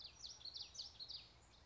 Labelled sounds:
Common Yellowthroat
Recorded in Sonoma County, California

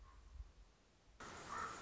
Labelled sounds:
Common Raven
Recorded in Sonoma County, California

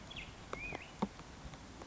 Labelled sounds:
Black-headed Grosbeak
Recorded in Sonoma County, California

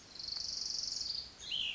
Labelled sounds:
Cassin's Vireo
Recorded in Sonoma County, California

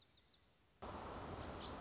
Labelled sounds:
Lazuli Bunting
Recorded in Sonoma County, California

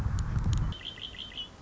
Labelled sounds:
Red-winged Blackbird
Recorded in Sonoma County, California

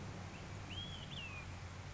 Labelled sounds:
Olive-sided Flycatcher
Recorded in Sonoma County, California

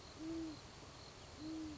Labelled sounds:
Great Horned Owl
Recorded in Sonoma County, California

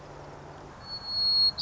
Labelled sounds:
White-crowned Sparrow
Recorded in Sonoma County, California

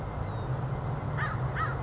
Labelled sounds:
American Crow
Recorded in Sonoma County, California

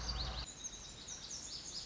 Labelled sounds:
Lazuli Bunting
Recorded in Sonoma County, California

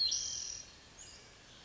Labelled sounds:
Spotted Towhee
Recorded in Sonoma County, California

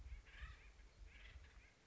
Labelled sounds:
Acorn Woodpecker
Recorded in Sonoma County, California

